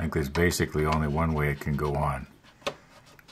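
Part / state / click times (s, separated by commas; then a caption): plastic model part into its mount on a model ship / seated / 2.7 s. Someone talks as a small plastic part of a 1/200 scale model battleship is fitted onto its mount in the only orientation it can go and pressed on. A short, sharp click at 2.7 s marks the part locking into place, followed by quiet.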